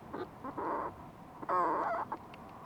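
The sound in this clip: Fulmar prion calls: a short note, then two rough croaks, the second louder and longer, followed by a short clipped note.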